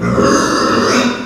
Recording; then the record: squeal of a Yucatan mini pig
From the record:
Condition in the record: after surgery on the right vocal fold (resection and tissue-engineered implant); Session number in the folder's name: 11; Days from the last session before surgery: 98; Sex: female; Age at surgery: 19 weeks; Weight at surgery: 25 kg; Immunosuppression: prednisolone